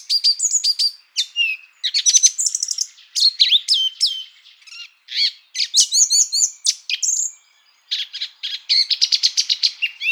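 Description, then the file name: Song thrush song: varied, bright whistled and chirping phrases with short pauses between them. "turdus philomelos"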